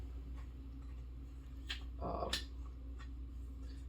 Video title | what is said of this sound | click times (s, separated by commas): Life Changing!! Undercover Swing Case Unboxing and Installation Ford F150 Bed Storage Solution | locks into place basically that way you can't take the uh the Box | 1.7 s, 2.3 s